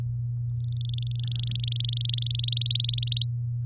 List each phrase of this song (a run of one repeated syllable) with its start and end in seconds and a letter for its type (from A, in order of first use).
0.56-2.11 A, 2.13-3.24 B